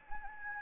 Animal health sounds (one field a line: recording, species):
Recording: mosquito wingbeat signal from an infrared sensor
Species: Anopheles gambiae